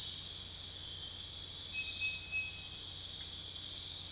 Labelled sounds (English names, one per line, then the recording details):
none
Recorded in secondary vegetation near Puerto Asís, Putumayo, Colombia, on 29 June 2025 at 03:30
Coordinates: 0.485, -76.322
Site GP06